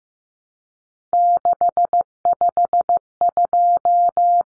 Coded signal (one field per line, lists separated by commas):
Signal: Morse code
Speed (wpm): 15 wpm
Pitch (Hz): 700 Hz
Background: none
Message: 652